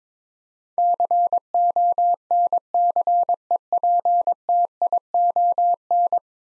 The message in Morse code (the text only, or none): CONCEPTION